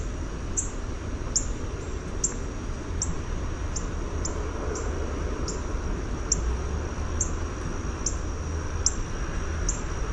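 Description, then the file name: Northern cardinal giving sharp, high chips, many spaced fairly evenly throughout, over a faint steady high whine and low background rumble. "NOCA chip"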